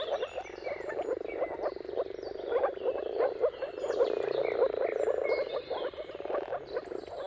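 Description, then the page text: Chorus of moor frogs, soft bubbling calls in quick overlapping bursts, with several high bird whistles and chirps faintly in the background. Chorus of moor frogs giving mating calls at sunrise, at the turn of March and April, timing depending on the weather. "Jakub Orzecki moor frogs. Dawn’s Chorus: Mating Calls of Marsh Frogs at Sunrise. Depending on the weather at the turn of March and April, you can witness an amazing spectacle of moor frogs"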